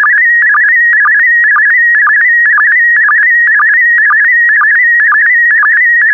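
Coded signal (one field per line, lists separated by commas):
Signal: SSTV (slow-scan television)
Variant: PD120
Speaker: complete. You can now check your decoded image against the picture that is shown on the video.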